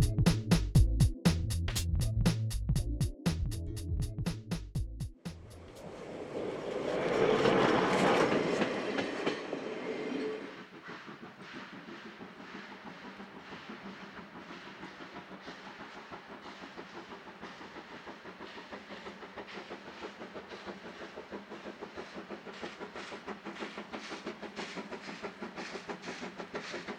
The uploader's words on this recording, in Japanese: 2004年秋にJR磐越東線で運行された「SLあぶくま号」です。